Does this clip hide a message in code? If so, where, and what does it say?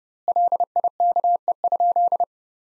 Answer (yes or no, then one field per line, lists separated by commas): yes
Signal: Morse code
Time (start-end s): 0.3-2.2 s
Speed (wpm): 32 wpm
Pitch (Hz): 700 Hz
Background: none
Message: LIKE?